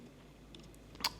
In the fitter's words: and it should click in place and then if you want to take it out is the same you just